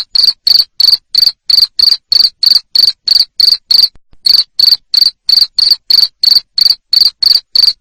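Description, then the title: Cricket chirping: short loud buzzy chirps repeated about three times a second with steady rhythm, one brief gap near the middle, no other sounds. Loud cricket chirping used to stimulate lovebirds to keep singing in their ngekek style. "Suara JANGKRIK NGERIK Keras Bikin LOVEBIRD Jadi NGEKEK Terus Vubey"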